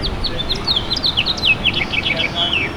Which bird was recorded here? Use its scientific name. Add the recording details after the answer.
Haemorhous mexicanus. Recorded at Bay Shore on Long Island, New York, on 29 May 2013. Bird G